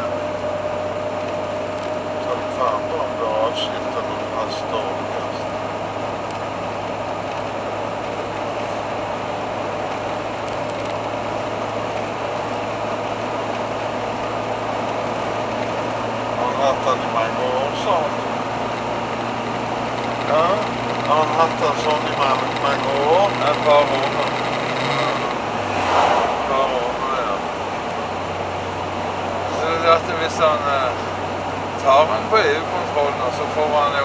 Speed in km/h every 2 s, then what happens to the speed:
70, 71, 73, 74, 74, 75, 78, 79, 81, 83, 85, 87, 87, 84, 84, 85, 87.
0-22 speeds up to 87. 22-34 steady at about 85.